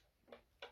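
A resin root piece with a wood effect is pressed onto a statue's base, giving two small ticks at 0.3 s and 0.6 s, the second louder. The piece fits onto the base and holds, but it does not sit fully in place.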